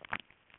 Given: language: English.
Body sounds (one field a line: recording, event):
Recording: throat vibration sensor signal played as sound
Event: swallow